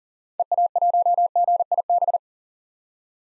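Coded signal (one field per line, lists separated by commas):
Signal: Morse code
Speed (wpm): 40 wpm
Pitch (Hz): 700 Hz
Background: none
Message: EA1GIB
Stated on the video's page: Morse practice at 40 wpm: common POTA hunter call signs, each sent, spoken, then sent again for head-copy.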